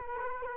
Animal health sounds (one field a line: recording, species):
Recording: mosquito wingbeat signal from an infrared sensor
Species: Culex quinquefasciatus